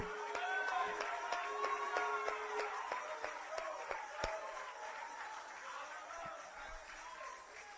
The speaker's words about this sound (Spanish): Ay, ay, ay, yo voy a aplaudir por algunos de ustedes que no pueden en esta noche.